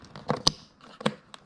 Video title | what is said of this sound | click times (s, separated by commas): Daytona 675R block off plates Install | Once you hear it click, you're good. | 0.5 s